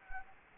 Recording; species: mosquito wingbeat signal from an infrared sensor; Anopheles gambiae